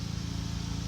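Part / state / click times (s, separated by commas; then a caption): brake caliper guide pin into caliper bracket bore / not seated / none. A lubricated rear brake caliper guide pin on a 2015 Audi Q5 is being handled at its caliper bracket bore, with only a steady low rumble and broadband noise heard and no distinct transients. Nothing has seated or clicked yet.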